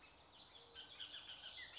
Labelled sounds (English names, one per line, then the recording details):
Bullock's Oriole
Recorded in Sonoma County, California